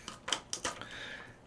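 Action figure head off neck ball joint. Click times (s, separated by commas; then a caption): 0.5 s. A plastic S.H. Figuarts action figure head is pulled off a version-one replacement neck ball joint, made for repairing the figure's neck joint. Several short, sharp plastic clicks and handling rattles sound between 0.1 and 0.8 s, followed by a faint fading ring. The head pops right off the joint with a crisp snap at 0.5 s, released.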